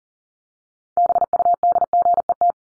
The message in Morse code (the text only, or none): BUDGET